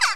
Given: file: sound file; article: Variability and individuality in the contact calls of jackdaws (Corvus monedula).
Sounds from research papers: jackdaw call; harmonic

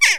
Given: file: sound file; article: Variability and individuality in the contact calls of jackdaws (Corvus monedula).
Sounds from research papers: jackdaw call; harmonic

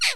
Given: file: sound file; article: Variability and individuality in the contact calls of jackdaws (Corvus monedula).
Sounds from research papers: jackdaw call; noisy

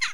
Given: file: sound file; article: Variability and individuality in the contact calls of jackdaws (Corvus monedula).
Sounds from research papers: jackdaw call; harmonic

